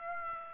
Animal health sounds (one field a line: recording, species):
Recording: mosquito wingbeat signal from an infrared sensor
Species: Aedes aegypti